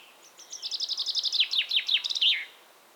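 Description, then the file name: Common chaffinch song: a bright descending series of rapid notes, speeding into trills and ending in a short flourish, lasting about two seconds. "Fringilla coelebs"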